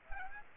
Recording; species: mosquito wingbeat signal from an infrared sensor; Aedes aegypti